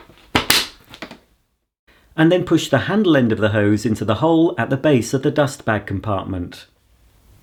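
The black plastic end of the hose is pushed into the top of a Sebo Felix Rosso upright vacuum cleaner and seats with a loud, sharp click at 0.4 s, followed by a few fainter taps near 1.0 s. After a short silence, someone talks from about 2.2 s to 6.6 s.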